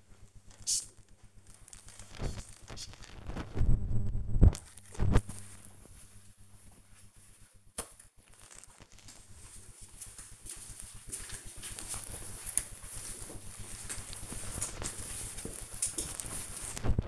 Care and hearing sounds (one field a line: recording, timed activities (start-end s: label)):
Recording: household activities, microphone on the right wrist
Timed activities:
0.00-17.08 s: window cleaning